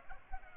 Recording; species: mosquito wingbeat signal from an infrared sensor; Culex pipiens